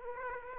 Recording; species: mosquito wingbeat signal from an infrared sensor; Aedes aegypti